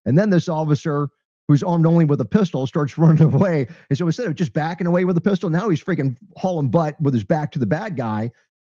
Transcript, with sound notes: And then this officer, who's armed only with a pistol, starts running away. (laughs) And so instead of just backing away with a pistol, now he's fricking hauling butt with his back to the bad guy